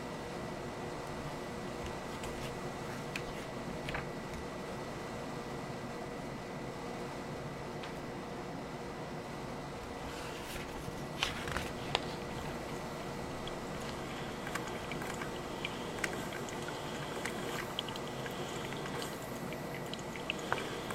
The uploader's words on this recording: Late-night coffee bar in 2024, typing, handwriting, flipping through.